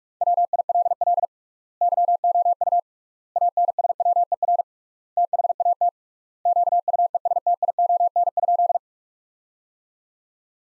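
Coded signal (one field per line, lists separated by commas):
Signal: Morse code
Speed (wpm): 46 wpm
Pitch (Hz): 700 Hz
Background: none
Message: WILL YOU ANSWER THAT QUESTION?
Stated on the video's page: Practice sentences at 45 wpm with 3x standard word spacing, a word-based Farnsworth-like method.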